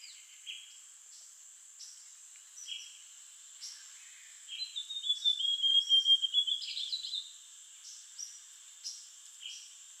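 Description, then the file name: Amazonian grosbeak song: a sweet, slurred whistled phrase midway, amid scattered faint chirps and a steady high insect drone. "Amazonian Grosbeak Cyanoloxia rothschildii"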